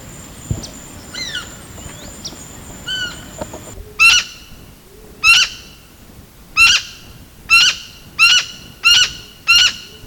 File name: blue naped parrot